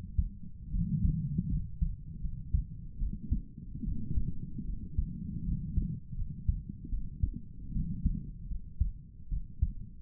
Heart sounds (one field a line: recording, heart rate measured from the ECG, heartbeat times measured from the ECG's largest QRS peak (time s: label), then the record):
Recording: heart sounds by stethoscope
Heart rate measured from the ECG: 77 bpm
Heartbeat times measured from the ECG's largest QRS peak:
0.72 s: heartbeat
1.50 s: heartbeat
2.22 s: heartbeat
2.99 s: heartbeat
3.85 s: heartbeat
4.66 s: heartbeat
5.45 s: heartbeat
6.17 s: heartbeat
6.90 s: heartbeat
7.73 s: heartbeat
8.49 s: heartbeat
9.30 s: heartbeat
From the record:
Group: healthy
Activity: rest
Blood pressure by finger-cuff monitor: 111/52 mmHg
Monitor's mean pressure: 71 mmHg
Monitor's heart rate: 75 bpm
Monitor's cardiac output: 6.4 L/min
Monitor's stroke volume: 81 mL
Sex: female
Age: 22 years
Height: 160 cm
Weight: 63 kg